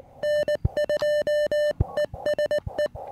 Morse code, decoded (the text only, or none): N2ESE